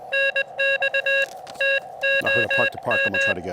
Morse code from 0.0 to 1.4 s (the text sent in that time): NX